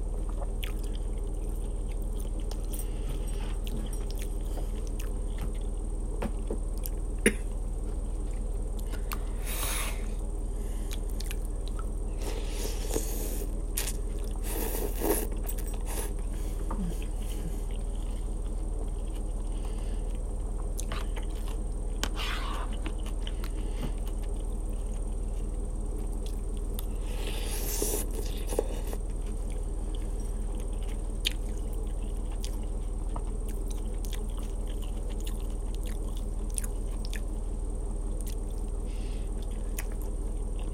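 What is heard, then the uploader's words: Noodle soup being eaten, scattered slurps and chewing around ten, fifteen and twenty-eight seconds over a steady low hum. Buffalo chicken meatball noodle soup. Slurp slurp slurp the noodle soup.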